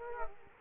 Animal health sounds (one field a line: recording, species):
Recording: mosquito wingbeat signal from an infrared sensor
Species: Culex quinquefasciatus